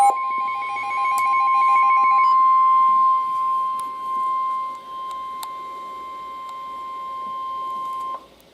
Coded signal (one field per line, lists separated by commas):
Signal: Emergency Alert System (SAME) tones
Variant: 1050 Hz attention tone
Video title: Two. Just Two. - EAS Alerts From 7/13/2022 (EAS #47 & 48)